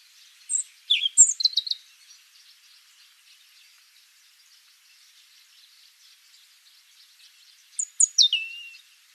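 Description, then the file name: European robin giving two short high phrases of thin, sliding whistled notes at start and end, with a constant high buzzing insect drone throughout. "Erithacus rubecula"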